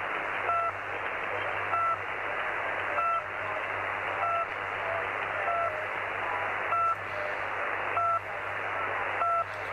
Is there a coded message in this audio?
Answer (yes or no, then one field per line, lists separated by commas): no